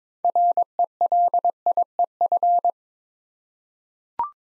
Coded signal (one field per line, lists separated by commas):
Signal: Morse code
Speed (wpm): 22 wpm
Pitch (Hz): 700 Hz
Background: none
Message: RELIEF